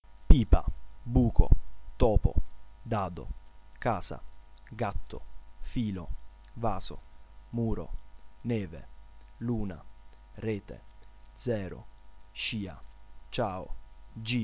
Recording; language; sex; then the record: read list of words; Italian; male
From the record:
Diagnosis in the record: healthy control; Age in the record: 20 years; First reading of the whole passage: 40 s, 12.9 characters per second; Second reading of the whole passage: 40 s, 12.9 characters per second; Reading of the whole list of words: 47 s, 6.0 characters per second